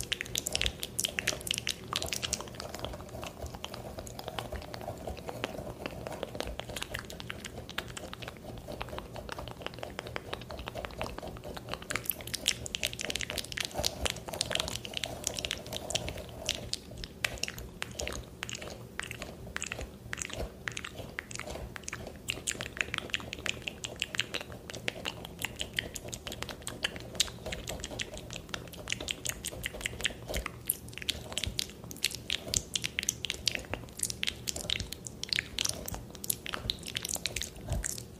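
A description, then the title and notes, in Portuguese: Mouth sounds mixed with tapping, head scratching and a brush moving across a screen. Dense, fast clicks and crackles run without pause for the whole stretch, with bright brushing swells near six and fifteen seconds over a low steady hum. Muitos sons de boca, tapping, cafuné e pincel na tela.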